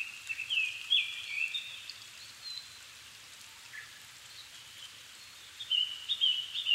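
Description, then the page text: Japanese thrush song: loud whistled phrase with sharp slurred notes, a pause, then another varied phrase, over steady hissing noise. Recorded 7 May 2011 at 17:59 in the evening, at 270 m altitude, with a Sony PCM-D50 and Panasonic WM-61A mic, in Japan. "kurotugumi 20110507-1759. Turdus cardis [Sounds -Nikko Today-]"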